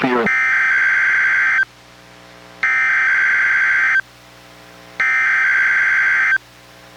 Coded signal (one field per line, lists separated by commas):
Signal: Emergency Alert System (SAME) tones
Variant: header bursts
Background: speech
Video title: EAS #951: NWR Required Weekly Test- July 24, 2024- 11:22AM PDT